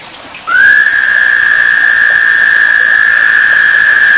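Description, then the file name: Toad trill: a long, steady, high trilling tone begins after half a second, rises slightly at its start, then holds level for the rest. Recorded 1 May 2007. "batesline toads"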